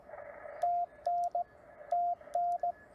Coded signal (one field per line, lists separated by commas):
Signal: Morse code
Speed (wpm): 17 wpm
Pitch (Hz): 690 Hz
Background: radio noise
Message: TN TN